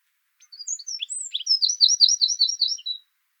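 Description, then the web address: Eurasian wren song phrase: sharp, high chips and quick slurred notes that build into a rattling trill, then end abruptly after about two and a half seconds. "songs troglodytes troglodytes call"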